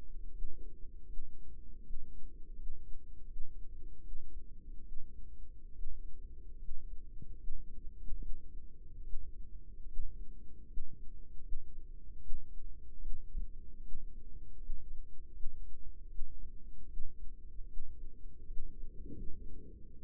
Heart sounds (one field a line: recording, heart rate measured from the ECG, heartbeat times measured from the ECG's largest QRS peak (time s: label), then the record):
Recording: heart sounds by microphone in the right ear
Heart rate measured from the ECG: 76 bpm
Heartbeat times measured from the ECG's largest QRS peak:
0.29 s: heartbeat
1.04 s: heartbeat
1.79 s: heartbeat
2.52 s: heartbeat
3.22 s: heartbeat
3.98 s: heartbeat
4.79 s: heartbeat
5.69 s: heartbeat
6.55 s: heartbeat
7.33 s: heartbeat
8.16 s: heartbeat
9.00 s: heartbeat
9.83 s: heartbeat
10.63 s: heartbeat
11.38 s: heartbeat
12.17 s: heartbeat
12.97 s: heartbeat
13.78 s: heartbeat
14.55 s: heartbeat
15.29 s: heartbeat
16.06 s: heartbeat
16.84 s: heartbeat
17.64 s: heartbeat
18.43 s: heartbeat
19.08 s: heartbeat
19.98 s: heartbeat
From the record:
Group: healthy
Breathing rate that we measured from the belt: 15 breaths a minute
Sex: female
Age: 22 years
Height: 171 cm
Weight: 65.6 kg